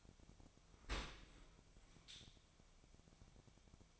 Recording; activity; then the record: daily activity, microphone in the room; open dishwasher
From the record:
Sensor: 1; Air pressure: 1006.8 hPa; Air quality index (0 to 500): 208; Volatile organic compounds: 24 ppm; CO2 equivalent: 2801 ppm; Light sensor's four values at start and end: 12/32/13/14 and 13/32/13/14